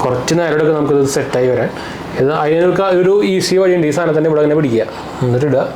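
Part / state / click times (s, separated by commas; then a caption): camera mount into neck holder lock socket / not seated / none. A plastic camera mount is held in place on a TELESIN magnetic POV neck holder, ready to be pushed into the holder's lock socket, while someone talks throughout. Nothing has seated or clicked yet.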